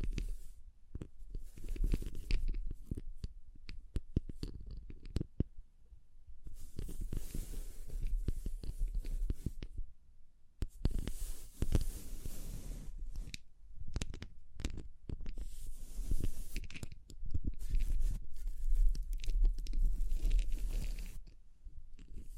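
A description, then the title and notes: Dense tapping and scratching with crinkly brushing strokes, coming in bursts separated by brief quiet gaps, under a steady low rumble. ASMR 9 Triggers Assortment for Sleep Tapping, Scratching, Brushing, Crinkles(No Talking).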